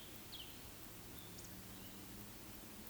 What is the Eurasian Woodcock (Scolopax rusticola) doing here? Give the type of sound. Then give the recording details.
whistle. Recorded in Baden-Württemberg, Germany, on 13 June 2021 at 19:54 UTC. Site 23718, 552 m above sea level